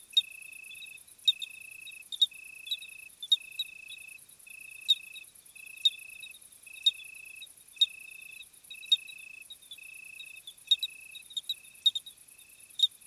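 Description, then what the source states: Cricket song: regular high trilled phrases of under a second with short gaps, overlaid with a fine high buzz and occasional sharp clicks. Summer evening chorus of crickets, 26 July 2020 at 21:15, Plateau de Lesches-en-Diois, hot night, recorded on Nagra Seven with B&K omni microphone.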